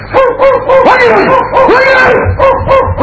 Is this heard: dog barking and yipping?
yes